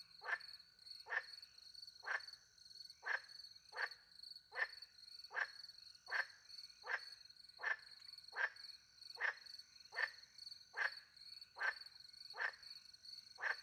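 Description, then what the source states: Frog calling persistently, many quick harsh croaks in a fairly regular rhythm, with steady high cricket song running underneath. Recorded by night in the French countryside beside a little pond, with crickets; microphones hidden in a tree near the pond; two Usi Pro microphones into a MixPre-10 II recorder.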